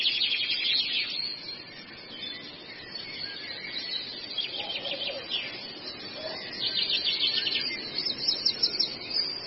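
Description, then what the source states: Long-tailed shrike song, a busy run of high chattering and scratchy notes, with brief lower whistled notes in the middle, over steady background hiss. Masteran training song for caged birds.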